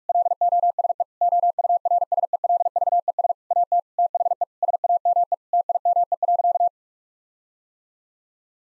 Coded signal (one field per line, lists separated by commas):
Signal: Morse code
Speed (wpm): 41 wpm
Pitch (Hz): 700 Hz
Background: none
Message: LOSE OURSELVES AT THE SAME TIME.